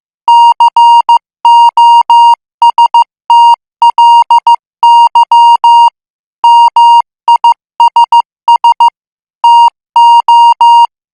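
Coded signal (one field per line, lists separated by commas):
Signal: Morse code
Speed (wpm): 15 wpm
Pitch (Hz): 940 Hz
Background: music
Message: COSTLY MISS TO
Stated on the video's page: Morse code at 14 words per minute.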